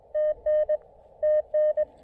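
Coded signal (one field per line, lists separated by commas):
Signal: Morse code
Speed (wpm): 21 wpm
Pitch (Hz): 610 Hz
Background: none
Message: TN TN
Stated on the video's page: SOTA activation on 20, 17, 15 and 10 meters using an improvised wire antenna on an observation deck rail.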